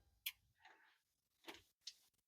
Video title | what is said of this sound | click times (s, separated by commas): 52000 Install on a 2005 Fleetwood American Eagle Motorhome | You should hear an audible click. | 0.3 s